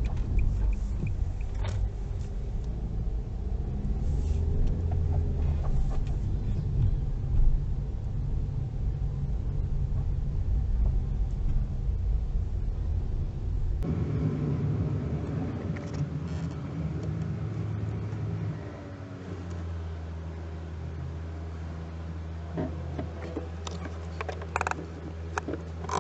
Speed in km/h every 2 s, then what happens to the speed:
9, 11, 14, 15, 13, 12, 12, 6, 0, 0, 0, 0, 0.
0-7 speeds up to 15. 7-16 slows to 0. 16-26 standing.